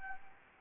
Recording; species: mosquito wingbeat signal from an infrared sensor; Anopheles gambiae